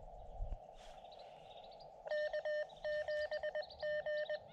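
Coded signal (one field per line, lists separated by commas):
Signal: Morse code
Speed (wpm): 20 wpm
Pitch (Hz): 600 Hz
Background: none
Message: K7G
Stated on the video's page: Morse from SOTA summit activations in Arizona's White Mountains.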